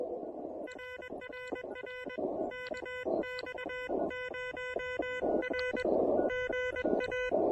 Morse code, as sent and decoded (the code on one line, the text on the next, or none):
.-. .-. .-. / -.- -..- ----- .-. / --. .-
RRR KX0R GA